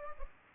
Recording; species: mosquito wingbeat signal from an infrared sensor; Culex pipiens